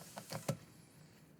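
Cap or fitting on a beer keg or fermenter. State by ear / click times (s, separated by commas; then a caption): not seated / none. A cap or fitting is being pushed onto a beer keg or fermenter fitting, with three short, sharp handling knocks at about 0.2, 0.3 and 0.5 seconds, the last one loudest, then quiet. Nothing has seated or snapped home yet.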